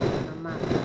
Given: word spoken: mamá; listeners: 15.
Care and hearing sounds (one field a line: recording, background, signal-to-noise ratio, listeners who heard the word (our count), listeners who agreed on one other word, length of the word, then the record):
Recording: one Spanish word in noise, from a listening test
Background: noise modulated by three-talker babble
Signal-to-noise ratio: -4.0 dB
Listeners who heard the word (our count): 0 of 15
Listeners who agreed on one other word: 10 of 15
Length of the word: 0.45 s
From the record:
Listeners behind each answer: 10, 4, 1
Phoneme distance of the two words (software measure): 14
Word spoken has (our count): 2 syllables, 4 phonemes, stress on syllable 2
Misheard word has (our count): 2 syllables, 4 phonemes, stress on syllable 2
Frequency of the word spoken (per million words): 68.99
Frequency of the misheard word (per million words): 12.41